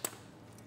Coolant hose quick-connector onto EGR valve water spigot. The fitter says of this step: clip it on you'll hear it click into place